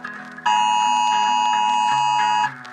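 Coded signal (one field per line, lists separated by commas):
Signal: Emergency Alert System (SAME) tones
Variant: 853 and 960 Hz attention tone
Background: music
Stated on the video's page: Simulated EAS nuclear attack scenario with two alerts for Lancaster, PA.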